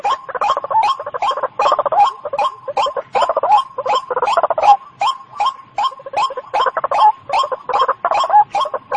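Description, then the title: White-breasted waterhen croaks, a long sequence of many harsh, nasal notes with grunting overtones. Local name ruak-ruak; recording used as a lure sound (panciang) for catching the bird. "Panciang Suara Burung Ruak Ruak"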